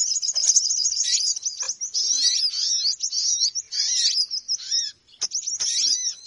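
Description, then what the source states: Bird twittering in a high, dense stream of rapid chirps, broken by a short pause near the fifth second. Noisy bird lure call for attracting birds.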